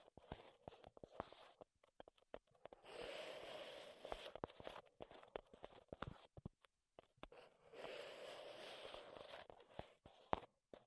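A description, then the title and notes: Wooden triggers are tapped and clicked in quick, uneven bursts of sharp knocks. Twice, from about three to five seconds and again from eight to ten, a steady scratchy rubbing on wood takes over, with scattered taps continuing around it. ASMR Wood Triggers in Your Ears (No Talking).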